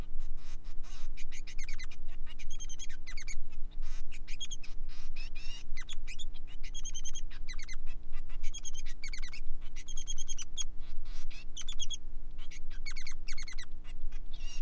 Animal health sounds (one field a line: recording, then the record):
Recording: song of a male Bengalese finch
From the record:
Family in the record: son of father 3